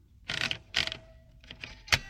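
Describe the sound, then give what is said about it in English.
Typewriter clatter: two fuller, rattling bursts of keystrokes, a few lighter taps, then one sharp, bright strike that rings briefly with a metallic edge. No one speaks. “Listen, is that a telephone? No, it's not. What is it? It's a typewriter.”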